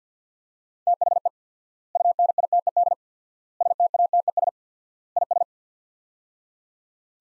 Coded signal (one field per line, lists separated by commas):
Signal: Morse code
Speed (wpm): 50 wpm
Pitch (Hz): 700 Hz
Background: none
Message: THE UNITED STATES IS